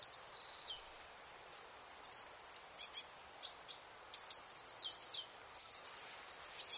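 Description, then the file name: Eurasian blue tit calls: high, thin descending notes in irregular series, with a louder, sharper run of notes after about four seconds. "Cyanistes caeruleus"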